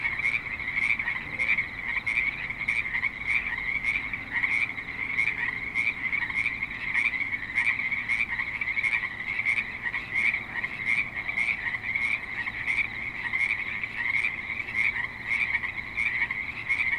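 Frogs call steadily in Spanish Springs, Nevada, a dense chorus of bright, rapid croaks that repeat about twice a second without a break for the whole clip. Beneath them runs a low, even rumble of light traffic.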